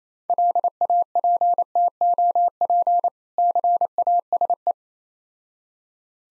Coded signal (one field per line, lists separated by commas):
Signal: Morse code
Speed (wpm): 29 wpm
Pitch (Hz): 700 Hz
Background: none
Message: LAPTOP CASE